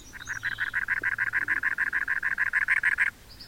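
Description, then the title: Cactus Wren giving a harsh, rasping song: a steady string of many grating chug notes over about three seconds, then stopping. "The Cactus Wren’s Signature Voice"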